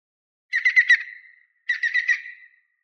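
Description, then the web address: European green woodpecker calls: two quick bursts of four or five sharp, even notes, each trailing off, with a pause between them. Several green woodpeckers calling on a lakeshore, far away, in Norwegian forests. "Justsoundeffects - Forests of Norway BIRDMisc Green Woodpeckers Calling On Lakeshore Far Away"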